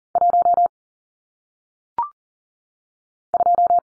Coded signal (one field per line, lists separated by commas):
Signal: Morse code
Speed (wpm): 40 wpm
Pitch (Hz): 700 Hz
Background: none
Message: 1 2